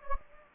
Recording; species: mosquito wingbeat signal from an infrared sensor; Anopheles gambiae